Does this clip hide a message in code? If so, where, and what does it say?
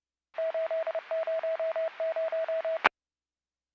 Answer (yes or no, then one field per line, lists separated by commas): no